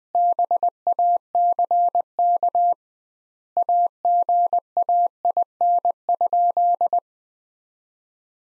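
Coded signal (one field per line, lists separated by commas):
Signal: Morse code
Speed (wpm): 20 wpm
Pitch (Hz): 700 Hz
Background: none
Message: BACK AGAIN?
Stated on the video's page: Morse practice of sentences from the top 200 words at 20 wpm with 2x word spacing, a method analogous to Farnsworth.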